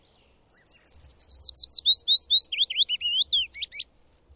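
Bird giving a rapid string of high whistled notes that slide and curl, with faint low rumbling underneath for most of the phrase.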